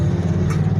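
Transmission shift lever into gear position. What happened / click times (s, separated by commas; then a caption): The shift lever is being moved but has not yet clicked into gear / none. The shift lever of a GM SM465 four-speed 4x4 manual transmission is being moved over toward a gear position, with a steady low droning hum throughout and a brief brighter rustle around 0.5 s. The lever has not yet clicked into its detent, and nothing has seated.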